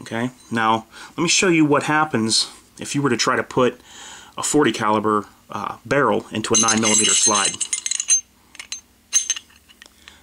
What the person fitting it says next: it's too thick. It won't lock in.